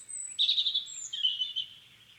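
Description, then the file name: European robin song, one high, sweet phrase of tinkling notes sliding between pitches, with a thin high whistle running above it. "Erithacus rubecula"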